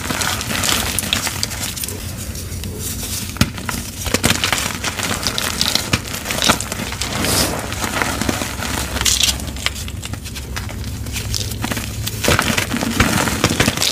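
Gym chalk being crushed with baby oil, a dense run of crunchy, crackling squeezes and crinkles that carries on without pause for the whole stretch. Sharper bright snaps stand out near 3.5, 6.5, 10 and 12.5 seconds over a steady low rumble.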